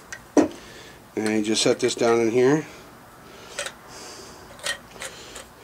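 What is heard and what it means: A dummy round with a dented primer is pushed into the holder of an inertia bullet puller until its rim snaps into place, giving two short ticks at 0.1 and 0.4 seconds. Someone then talks, and a few fainter taps follow near 3.6, 5.0 and 5.4 seconds, with the cartridge rim seated in the holder.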